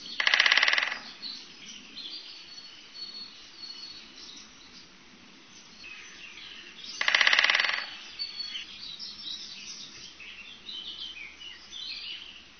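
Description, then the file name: Great spotted woodpecker drumming: two short, rapid rolls of hammering, each under a second, about seven seconds apart, with faint background birdsong. "pic epeiche"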